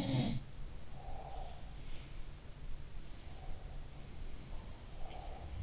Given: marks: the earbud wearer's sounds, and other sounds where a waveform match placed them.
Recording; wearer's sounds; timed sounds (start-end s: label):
sounds in sleep by an in-ear microphone; breath
0.00-0.53 s: sound from someone else or the room
0.89-1.80 s: breath
3.19-5.63 s: breath